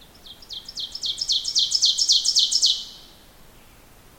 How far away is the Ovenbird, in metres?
about 5 m